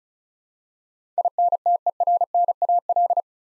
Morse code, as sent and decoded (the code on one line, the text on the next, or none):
.. -. - . .-. -. .- .-..
INTERNAL